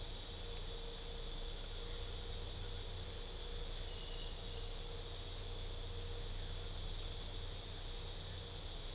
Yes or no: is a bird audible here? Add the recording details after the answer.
no. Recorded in pastures near Puerto Asís, Putumayo, Colombia, on 22 December 2024 at 23:00. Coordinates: 0.497, -76.327. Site G088